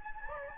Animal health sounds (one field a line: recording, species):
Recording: mosquito wingbeat signal from an infrared sensor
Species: Anopheles gambiae